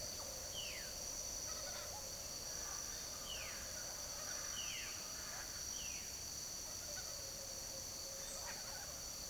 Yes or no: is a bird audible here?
yes